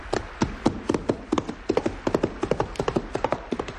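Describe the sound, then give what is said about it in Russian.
The hooves of a saddled horse clip-clop in a quick, steady rhythm, a string of sharp knocking strikes about four per second, fairly loud and with no voices over them. “Лошадь давно оседлана.”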